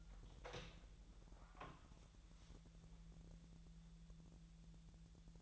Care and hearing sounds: daily activity, microphone in the room; open door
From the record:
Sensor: 3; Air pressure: 1001.3 hPa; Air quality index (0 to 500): 249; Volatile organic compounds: 169 ppm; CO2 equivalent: 4100 ppm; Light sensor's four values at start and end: 13/30/13/13 and 13/31/13/13

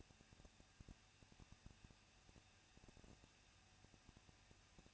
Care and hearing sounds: daily activity, microphone in the room; no activity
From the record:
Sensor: 2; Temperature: 21.0 degrees Celsius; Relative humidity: 37.3%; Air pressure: 1006.4 hPa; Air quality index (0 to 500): 220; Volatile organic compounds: 23 ppm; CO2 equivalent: 2774 ppm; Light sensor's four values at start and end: 2/3/2/2 and 2/3/2/2

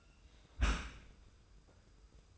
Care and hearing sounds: daily activity, microphone in the room; close dishwasher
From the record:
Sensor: 2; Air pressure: 990.3 hPa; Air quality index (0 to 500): 207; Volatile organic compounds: 1000 ppm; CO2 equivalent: 6648 ppm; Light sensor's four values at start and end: 25/58/24/24 and 25/58/24/24

